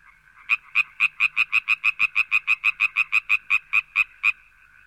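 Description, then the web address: Frog calls in a rapid train of around twenty loud croaks, closely spaced, with a faint continuous drone behind them. "rane rana frog"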